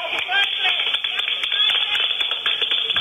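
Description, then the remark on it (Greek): Many hands clap for the president arriving in Thessaloniki, a dense, irregular burst of applause that holds steady for a few seconds, with voices murmuring underneath. “Παλαμάκια ήταν. Εμένα μου ακούγονταν σαν δέρμα που πλατσουρίζει δέρμα.”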